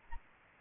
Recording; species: mosquito wingbeat signal from an infrared sensor; Aedes albopictus